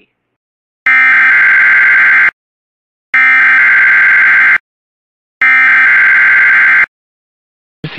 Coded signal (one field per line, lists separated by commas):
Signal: Emergency Alert System (SAME) tones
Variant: header bursts